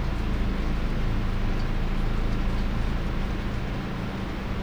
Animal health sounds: poultry house recording; no chicken sound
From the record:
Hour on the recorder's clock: 21

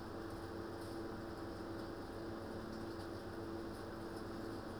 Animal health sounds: poultry house recording; no chicken sound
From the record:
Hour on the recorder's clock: 17

